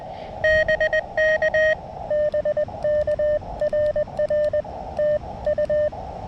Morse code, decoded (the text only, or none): BK BK RR TU